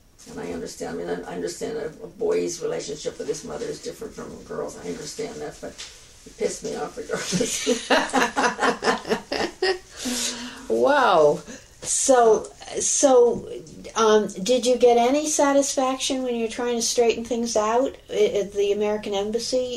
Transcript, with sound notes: And I understand, I mean, I understand a boy's relationship with his mother is different from a girl's, I understand that, but it pissed me off regardless (both laugh).
Wow. So - so did you get any satisfaction when you were trying to straighten things out at the American Embassy,